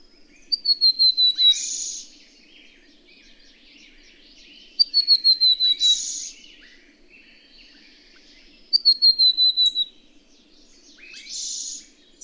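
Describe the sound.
Bird song in three phrases, each a quick series of clear whistled notes falling slightly in pitch and followed by a loud buzzy hiss, over a background of twittering birds.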